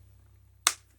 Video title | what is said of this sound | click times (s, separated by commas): KOIOS Vacuum Sealer Machine | here it click that's how you know it's locked | 0.7 s